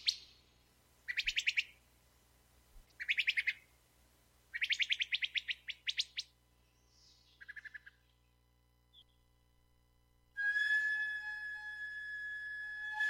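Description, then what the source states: Wood thrush song: a series of fast, buzzy trilled phrases separated by pauses, followed by a steady, tonal hum. Played-back recording of song.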